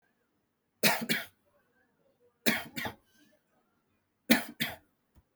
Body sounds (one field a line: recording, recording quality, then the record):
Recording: shallow voluntary cough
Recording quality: excellent, no background noise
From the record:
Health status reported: healthy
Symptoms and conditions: none ticked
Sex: male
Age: 48 years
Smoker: not ticked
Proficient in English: yes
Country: India